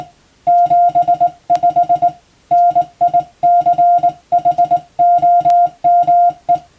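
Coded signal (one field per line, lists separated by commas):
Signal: Morse code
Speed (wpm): 20 wpm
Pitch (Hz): 700 Hz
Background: music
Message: 75 NICHOME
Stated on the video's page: Morse sent by hand on a telegraph key as receiving practice for the radiotelegraph operator exam, from a telegram practice book.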